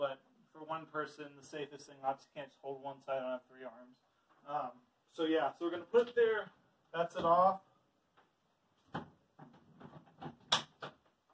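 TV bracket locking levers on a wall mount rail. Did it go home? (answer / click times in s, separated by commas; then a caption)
yes / 9.0 s, 10.5 s. Someone talks while working alone to lower a TV with its metal brackets onto an Onn Walmart wall mount for 47-80 inch TVs. The bracket's locking levers click onto the wall mount rail at about 9.0 s and 10.5 s. The TV is seated and held when lifted on.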